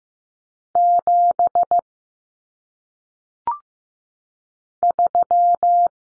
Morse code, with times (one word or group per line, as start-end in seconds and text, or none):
0.8-1.8 7
4.8-5.9 3